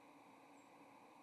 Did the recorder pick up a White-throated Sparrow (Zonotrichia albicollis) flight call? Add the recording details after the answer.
yes. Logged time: 08:12 on 30 October 2014